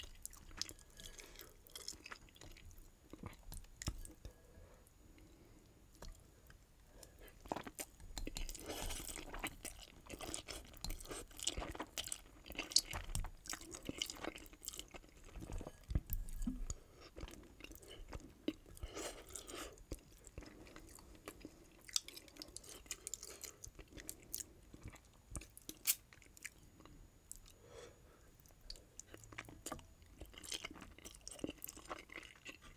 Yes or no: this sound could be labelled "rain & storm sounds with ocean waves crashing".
no